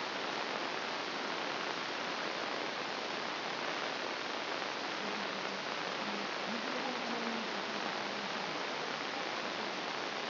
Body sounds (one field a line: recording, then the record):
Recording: brain microelectrode recording played as sound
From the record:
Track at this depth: outside the subthalamic nucleus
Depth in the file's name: 0.545 mm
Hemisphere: left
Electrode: 3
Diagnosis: Parkinson's disease